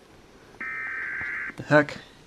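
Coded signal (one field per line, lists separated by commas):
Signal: Emergency Alert System (SAME) tones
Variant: header bursts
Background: speech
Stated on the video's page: Fictional nuclear missile attack EAS scenario, custom-made and not real.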